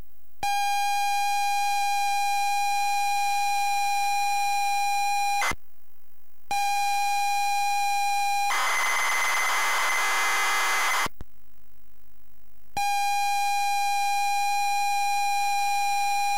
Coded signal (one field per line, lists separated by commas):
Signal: ZX Spectrum tape loading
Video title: ZX Spectrum 128k Knight Tyme